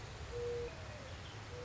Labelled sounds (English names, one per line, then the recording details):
Mourning Dove
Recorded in Sonoma County, California